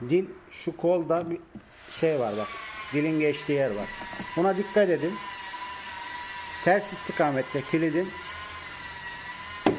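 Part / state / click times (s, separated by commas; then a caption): lock piece into car door handle assembly / seated / 9.7 s. A lock piece is pushed in the reverse direction into a Mercedes C200 car door handle assembly while someone talks over a steady high tonal hum. At 9.7 s a short, sharp click is heard as the lock piece snaps home and seats in the handle.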